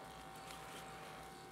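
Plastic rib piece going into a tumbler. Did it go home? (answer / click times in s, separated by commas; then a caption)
no / none. A plastic rib piece is lined up on a storyboard tumbler, ready to be pressed down with full body weight until it clicks into place. Only a steady, even buzzing hum with a faint high tone is heard, with no sudden sounds. Nothing has seated or clicked yet.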